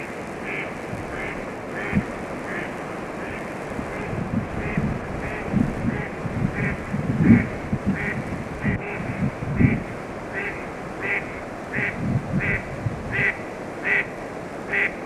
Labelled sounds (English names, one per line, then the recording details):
Mallard flight call
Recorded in the wild
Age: adult
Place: Petershain, Niederlausitz, Sachsen, DE
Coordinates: 51.3167, 14.7514
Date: 1962-06-08
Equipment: Grundig TK 1 Luxus
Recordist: Meyer, Hugo